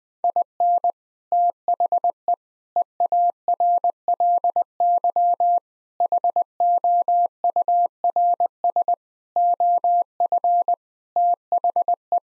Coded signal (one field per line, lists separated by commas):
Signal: Morse code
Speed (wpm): 20 wpm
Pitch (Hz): 700 Hz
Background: none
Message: IN THE EARLY HOURS OF THE